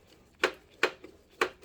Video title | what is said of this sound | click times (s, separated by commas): SP-LAMP-084 DLP Projector Lamp Installation / Lamp Timer Reset | Same there. So I hear that clicking. That means the lamp is now loose. | 0.4 s, 0.8 s, 1.4 s